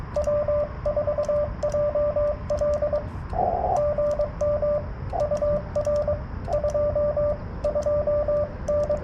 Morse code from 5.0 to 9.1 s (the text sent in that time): UR 2 2N